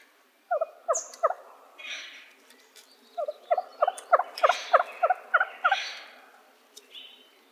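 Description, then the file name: Wild turkey gobbling, two bursts of rapid rattling notes, a short run of three then a longer one of about ten, with softer hoarse calls between. Arizona, recorded 17 May 2007. "W TURKEY 051707"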